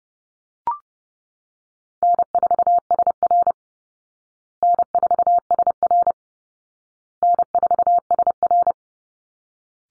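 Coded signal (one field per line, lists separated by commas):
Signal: Morse code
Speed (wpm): 30 wpm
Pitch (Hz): 700 Hz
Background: none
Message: N4SR N4SR N4SR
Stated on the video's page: Morse drill of easy call signs for head-copy at 30wpm, each sent three times, then spoken, then sent again.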